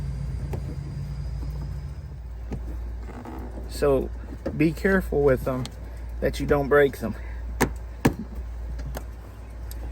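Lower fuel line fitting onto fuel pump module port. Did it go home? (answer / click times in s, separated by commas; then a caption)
yes / 8.0 s. On a 2004 Pontiac Grand Prix GTP fuel pump replacement, the third, lower fuel line fitting is pushed onto the bottom port of the fuel pump module while someone talks over a steady low hum. A sharp click at 8.1 s marks the fitting seating, and it is confirmed clicked into place.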